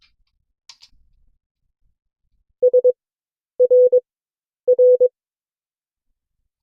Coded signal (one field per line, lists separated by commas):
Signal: Morse code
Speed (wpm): 22 wpm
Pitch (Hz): 500 Hz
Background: none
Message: S R R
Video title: CW Class - Session 2 (2026-01-29)